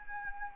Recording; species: mosquito wingbeat signal from an infrared sensor; Anopheles arabiensis